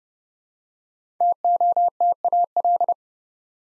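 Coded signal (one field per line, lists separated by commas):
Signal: Morse code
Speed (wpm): 30 wpm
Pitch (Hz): 700 Hz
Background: none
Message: TOTAL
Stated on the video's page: Morse drill at 30 wpm of 5-letter words, each sent, spoken, then sent again.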